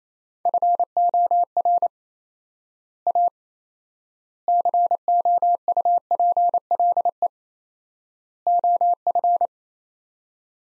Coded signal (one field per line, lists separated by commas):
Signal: Morse code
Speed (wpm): 28 wpm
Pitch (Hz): 700 Hz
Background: none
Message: FOR A COUPLE OF